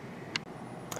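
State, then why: Seated. A push-pull tab MTP fiber optic connector is pushed into a patch panel port and seats with a sharp, short click at 0.4 s. A second, softer tick follows at about 0.9 s, and the connector is connected.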